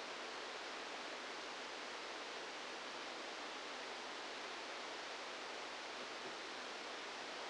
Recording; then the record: brain microelectrode recording played as sound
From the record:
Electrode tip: outside the subthalamic nucleus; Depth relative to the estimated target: -4 mm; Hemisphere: left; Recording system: NeuroSet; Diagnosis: Parkinson's disease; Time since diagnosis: 10 years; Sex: male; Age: 63 years